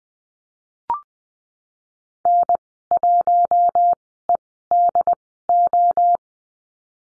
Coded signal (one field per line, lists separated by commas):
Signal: Morse code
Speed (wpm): 20 wpm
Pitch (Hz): 700 Hz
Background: none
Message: N1EDO